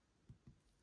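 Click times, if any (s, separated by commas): none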